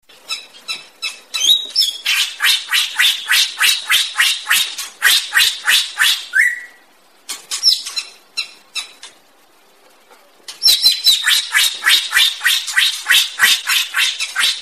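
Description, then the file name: Greater racket-tailed drongo: long series of rapid scratchy notes, about three per second, a brief slurred whistle, a pause, then the raspy series resumes. "tieng cheo beo duoi co hot"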